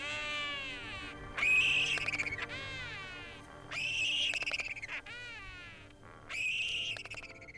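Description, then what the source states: Antipodean albatross calls: four drawn-out, wailing calls rich in harmonics that rise then fall. New Zealand's most endangered bird, expected to be functionally extinct within 30 years.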